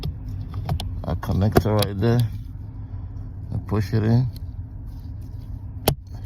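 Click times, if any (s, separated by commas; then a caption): 5.9 s. On a Chevy Equinox 2.4L, a wiring harness electrical connector is pushed onto the new heater blower motor while someone talks, with light handling taps in between. A sharp click sounds at 5.9 s as the connector locks and seats in place.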